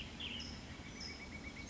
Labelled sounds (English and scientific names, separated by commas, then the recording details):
California Towhee (Melozone crissalis)
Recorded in Sonoma County, California